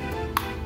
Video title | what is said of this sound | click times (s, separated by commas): Cara Atasi Tongkat Pel Yang Patah Merek MIISOO M507 Model Semprotan @agusyusantochannel3404 | Ini kita sampai bunyi klik ya. kuncian bawahnya | 0.4 s